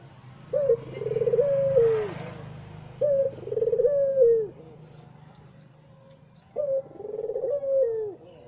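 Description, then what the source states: Barbary dove giving three repeated coos, each a brief clipped note followed by a purring roll ending in a drawn-out downward slur, with quiet gaps and faint background hum. White Barbary dove; masteran used by songbird keepers to tutor songbirds.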